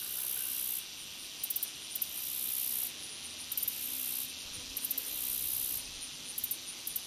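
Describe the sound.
Short-winged meadow katydid song, very high hissing buzzes about a second long, alternating with bursts of quick ticks, repeating steadily.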